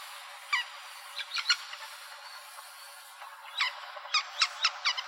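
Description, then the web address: Red-naped sapsucker giving short, harsh nasal calls, a few isolated notes followed by a quicker cluster of several squeals near the end, over a soft hiss. "Sound Library Woodpeckers AZFO RNSA deviche"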